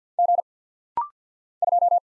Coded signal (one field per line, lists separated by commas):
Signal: Morse code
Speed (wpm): 50 wpm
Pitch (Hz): 700 Hz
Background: none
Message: G 2